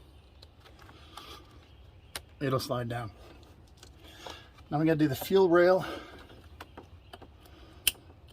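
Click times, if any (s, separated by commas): 7.9 s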